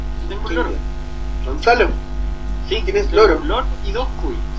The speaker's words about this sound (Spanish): ¿Qué supone... wey suena? Es un loro. ¿Un loro? ¿Un loro? ¿Quién tiene loro? Yo.